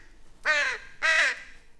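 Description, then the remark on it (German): Two loud, harsh crow caws, each about a third of a second long with a raspy, nasal tone, separated by a short pause against a quiet background. “Eine Krähe, die nicht weiß, wie sie Krähe sein soll, und eine Frau, die nicht weiß, wie sie Frau sein soll.”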